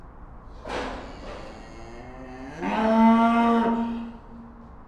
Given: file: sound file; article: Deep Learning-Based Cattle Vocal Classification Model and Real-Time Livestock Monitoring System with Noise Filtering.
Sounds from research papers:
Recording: cattle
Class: estrus call

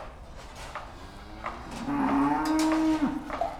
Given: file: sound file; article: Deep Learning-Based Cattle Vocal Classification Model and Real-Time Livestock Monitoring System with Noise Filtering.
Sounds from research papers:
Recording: cattle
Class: food anticipating call

